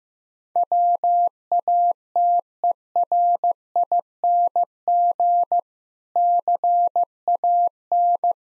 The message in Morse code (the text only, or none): WATERING CAN